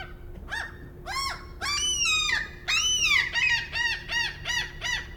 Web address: Soundholder - Harbours Of Norway ambient Norway pier boats floating and pulling lines seagulls and engine in the background